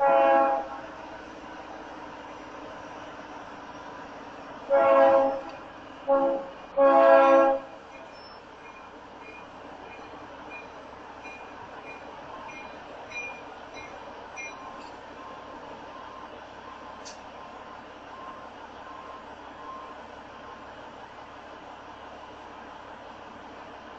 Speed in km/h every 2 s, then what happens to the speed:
15, 15, 13, 11, 10, 6, 2, 0, 0, 0, 0, 0.
0-7 steady at about 13. 7-12 slows to 2. 12-24 standing.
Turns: none.